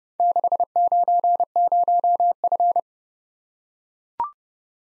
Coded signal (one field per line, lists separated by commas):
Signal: Morse code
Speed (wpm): 25 wpm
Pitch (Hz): 700 Hz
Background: none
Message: 690F